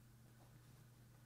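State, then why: Not seated. A piece of an Aihao Love Story erasable fountain pen, likely the ink converter or cartridge, is being pushed into the pen body. Only a steady low hum and faint broadband hiss are heard, with no snap or other sudden sound. Nothing has seated or clicked yet.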